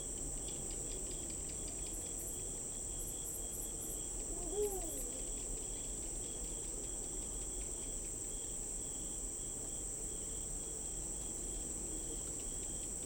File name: crickets night urban park or residential backyard suburbs